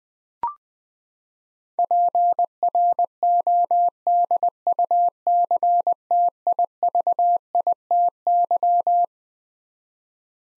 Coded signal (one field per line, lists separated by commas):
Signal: Morse code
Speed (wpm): 20 wpm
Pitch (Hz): 700 Hz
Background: none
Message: PRODUCTIVITY